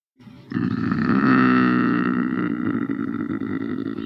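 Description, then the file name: Lynx giving a long, hoarse, drawn-out moaning yowl with a rough, growling texture that holds steady before slowly fading. "rys"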